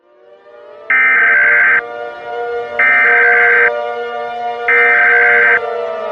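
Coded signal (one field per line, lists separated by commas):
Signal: Emergency Alert System (SAME) tones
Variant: header bursts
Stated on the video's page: Simulated EAS tones from a scenario.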